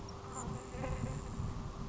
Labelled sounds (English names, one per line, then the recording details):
Grasshopper Sparrow
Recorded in Sonoma County, California